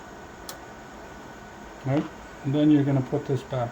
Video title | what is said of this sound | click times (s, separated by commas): Attawapiskat - Fiber and SFP Replacement | and then when you put it back just you hear a little click | 0.5 s